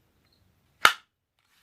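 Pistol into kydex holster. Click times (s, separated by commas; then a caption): 0.9 s. A cleared, unloaded Sig Sauer P365 pistol with no magazine is pushed into a We The People Holsters kydex inside-the-waistband holster for the second time. A single loud, sharp snap at 0.85 s, otherwise near silence, marks the holster retention engaging. The pistol is seated and stays put when the holster is shaken.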